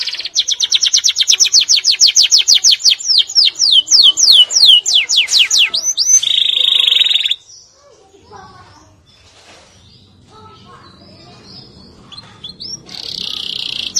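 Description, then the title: Canary song opening with a rapid rolling trill that slows into sweeping notes and a steady buzzy tone, followed by near silence and a high buzzy sound at the end. "Kenari"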